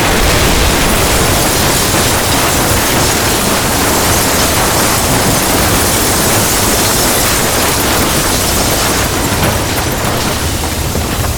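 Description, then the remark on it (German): A massive warship hull falls into a 10-story building, a loud, dense roar of crashing and rumbling noise that stays heavy and unbroken for about eleven seconds, with no voices. “Die Kriegshülle fiel mit einem lauten Getöse in ein 10-stöckiges Gebäude.”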